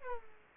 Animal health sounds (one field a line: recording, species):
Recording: mosquito wingbeat signal from an infrared sensor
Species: Aedes aegypti